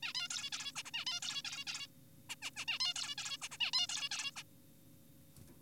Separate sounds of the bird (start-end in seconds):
0.03-0.13, 0.15-0.28, 0.31-0.50, 0.53-0.72, 0.76-0.83, 0.85-0.91, 0.94-1.05, 1.07-1.20, 1.23-1.42, 1.45-1.65, 1.67-1.87, 2.30-2.35, 2.42-2.51, 2.57-2.65, 2.68-2.79, 2.80-2.94, 2.96-3.15, 3.18-3.38, 3.42-3.48, 3.51-3.57, 3.61-3.71, 3.73-3.87, 3.89-4.09, 4.11-4.31, 4.36-4.43